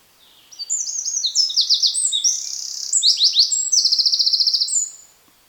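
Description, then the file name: Eurasian wren song, a rapid high-pitched outpouring of sharp notes and fast buzzy trills lasting about four seconds, loud and clear over a quiet background. "Troglodytes troglodytes"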